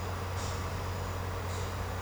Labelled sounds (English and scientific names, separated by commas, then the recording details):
none
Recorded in secondary vegetation near Puerto Asís, Putumayo, Colombia, on 21 March 2025 at 11:00
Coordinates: 0.468, -76.324
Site G059